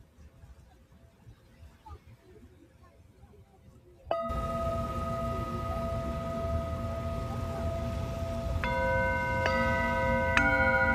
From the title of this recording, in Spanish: Cuenco tibetano desde Caribe Mexicano